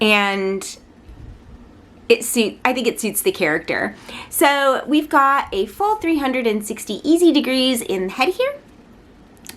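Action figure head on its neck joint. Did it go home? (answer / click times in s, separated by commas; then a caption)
yes / 9.5 s. Someone talks about a plastic action figure's head, then tilts it downward on its ratcheting neck joint. The head clicks right into place at 9.5 s rather than sliding through, seating firmly.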